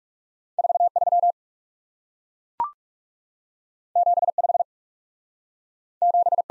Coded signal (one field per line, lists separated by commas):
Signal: Morse code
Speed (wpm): 37 wpm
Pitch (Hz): 700 Hz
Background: none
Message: 4 3 7 5 7